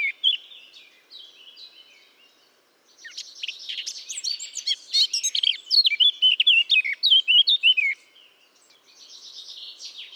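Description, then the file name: Eurasian blackcap song: soft twittering that builds into a five-second run of loud, clear fluted notes, then returns to quiet warbling. "Sylvia atricapilla"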